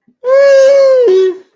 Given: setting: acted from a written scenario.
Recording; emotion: vocal sound without words; elation